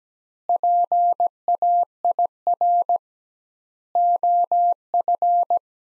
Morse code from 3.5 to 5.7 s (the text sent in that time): OF